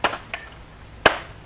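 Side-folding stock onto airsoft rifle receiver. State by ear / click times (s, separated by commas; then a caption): seated / 1.1 s. The push button is pressed and the side-folding stock of a JG Cybergun Sig 552 airsoft rifle is swung against the receiver to fold it for CQB, locking into a tab. Two lighter clicks come at about 0.1 s and 0.3 s, then a sharp, loud click at 1.1 s as the stock locks into place.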